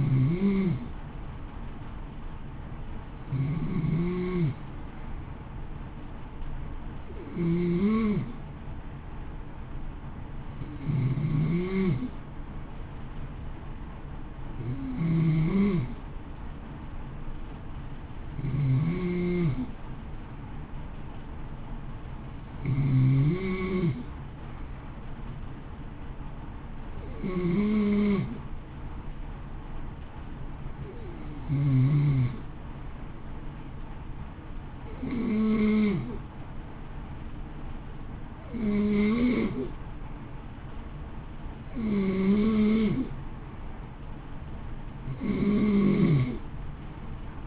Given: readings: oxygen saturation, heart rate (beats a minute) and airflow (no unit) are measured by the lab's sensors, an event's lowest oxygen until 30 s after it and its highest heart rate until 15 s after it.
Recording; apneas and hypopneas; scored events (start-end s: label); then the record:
breathing in sleep by a smartphone at the bedside; none
none scored
From the record:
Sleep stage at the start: N2 (light sleep); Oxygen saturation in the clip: 92 to 93%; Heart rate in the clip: 52 to 57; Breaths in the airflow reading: 13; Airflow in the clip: -0.8 to 0.9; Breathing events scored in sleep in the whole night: 328 in 6.3 hours asleep